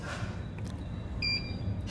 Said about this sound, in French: C'est l'appareil détecteur d'explosifs pour la correspondance.